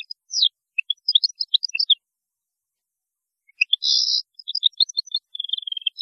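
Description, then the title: European goldfinch song: a twittering phrase, a pause, then another with a harsh buzzy note followed by liquid tinkling notes and a fast trill. "Chant Chardonneret"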